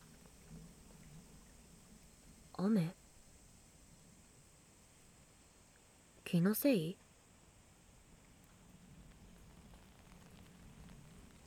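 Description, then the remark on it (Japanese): A soft, steady hiss of light rain begins falling during a summer-vacation walk by the sea and sandy beach, faint and even throughout, while a person speaks briefly twice over it. “ああ、降ってきた。予報では降らないって言ってたのに、傘持ってきてないよ。”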